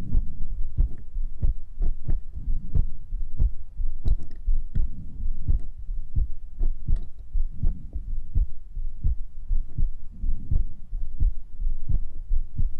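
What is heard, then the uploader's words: A heartbeat thumps steadily and low, at roughly two beats per second for the whole stretch, each beat a short thud with a faint click on top. Soft, breathy swells rise and fall beneath the beats every few seconds. Heartbeat and Breathing.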